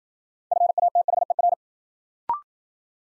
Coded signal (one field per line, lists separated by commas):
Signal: Morse code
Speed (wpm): 53 wpm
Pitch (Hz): 700 Hz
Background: none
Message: FATHER